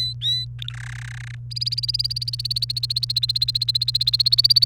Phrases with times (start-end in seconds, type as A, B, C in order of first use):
0.00-0.45 A, 0.59-0.73 B, 0.74-1.35 C, 1.51-4.66 D